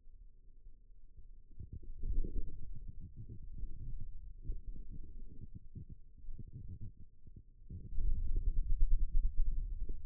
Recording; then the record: forearm muscle sounds (acoustic myography)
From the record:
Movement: ulnar deviation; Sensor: system 2, bracelet of six BSWA MPA416 microphones around the upper forearm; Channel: 4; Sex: male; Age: 22 years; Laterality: right